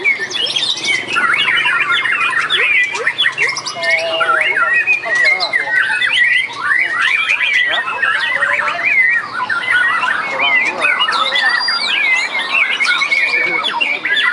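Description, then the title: White-rumped shama delivering a lengthy, restless song of slurred whistles, chatter and occasional buzzy notes, barely pausing. "murai batu"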